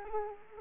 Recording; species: mosquito wingbeat signal from an infrared sensor; Culex quinquefasciatus